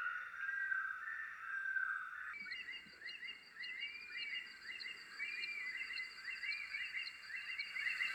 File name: bush stone curlew